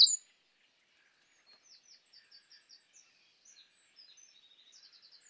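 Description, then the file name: Eurasian wren song of high, sharp notes repeated about five per second, ending in a faster, rattling trill; otherwise quiet. "Troglodytes troglodytes"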